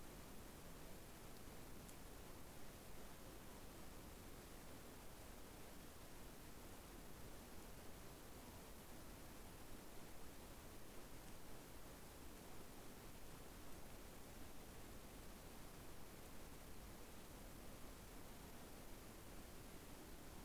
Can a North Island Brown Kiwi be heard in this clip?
no